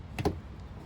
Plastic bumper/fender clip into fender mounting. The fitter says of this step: You'll hear it click.